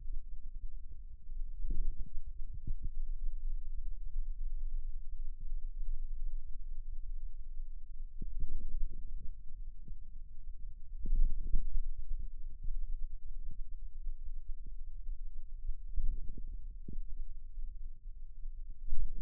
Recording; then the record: forearm muscle sounds (acoustic myography)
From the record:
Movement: radial deviation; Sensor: system 2, bracelet of six BSWA MPA416 microphones around the upper forearm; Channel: 5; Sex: male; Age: 22 years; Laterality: right